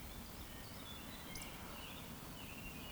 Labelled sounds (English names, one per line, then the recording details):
Eurasian Woodcock whistle
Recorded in Baden-Württemberg, Germany, on 13 June 2020 at 19:41 UTC
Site 14569, 102 m above sea level